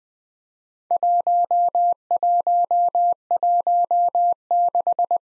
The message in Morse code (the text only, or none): 1116